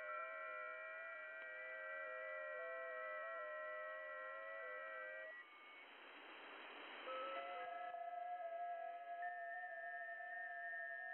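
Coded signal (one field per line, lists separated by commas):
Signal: FT8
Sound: several overlapping steady whistling tones shifting pitch in small steps, over radio hiss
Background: radio static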